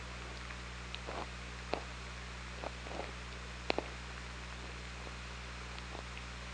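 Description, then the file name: Killer whale clicks and short pulsed bursts, scattered irregularly, a few stronger ones standing out above a constant low humming background. Hydrophone recording from OrcaLab, 24 August 2017, 20:37. "Orca Lab 20170824 203750"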